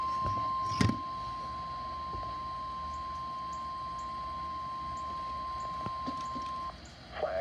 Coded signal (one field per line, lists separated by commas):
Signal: Emergency Alert System (SAME) tones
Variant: 1050 Hz attention tone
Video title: EAS #4 Flash flood warning